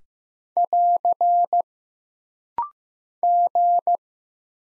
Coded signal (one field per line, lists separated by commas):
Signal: Morse code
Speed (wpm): 15 wpm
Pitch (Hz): 700 Hz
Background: none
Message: <AR> G